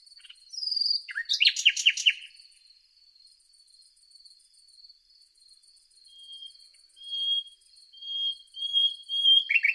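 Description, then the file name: Common nightingale song: a loud cluster of rapid chirps, then several drawn-out pure whistles, each swelling slowly, against a constant high cricket-like drone. "Luscinia megarhynchos"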